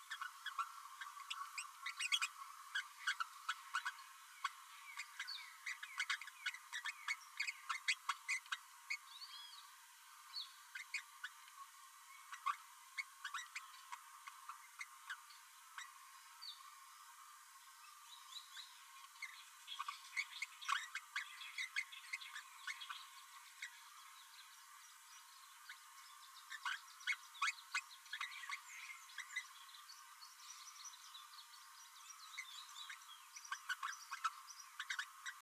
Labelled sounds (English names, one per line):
Green-rumped Parrotlet babbling